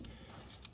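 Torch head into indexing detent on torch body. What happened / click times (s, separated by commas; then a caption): The swivel head clicked into its detent / 0.7 s. The swivel head of a Kincrome indexing head blow torch (part no. K15355) is moved on the torch body, which has three locking positions: 45, 90 and straight. After a faint tick at 0.05 s over a low background hum, the head locks into a detent with a soft click at 0.7 s (0.65 s) and is seated.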